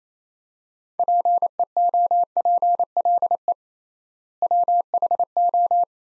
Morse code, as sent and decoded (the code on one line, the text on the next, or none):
.--. . --- .--. .-.. . / .-- .... ---
PEOPLE WHO